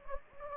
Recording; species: mosquito wingbeat signal from an infrared sensor; Anopheles gambiae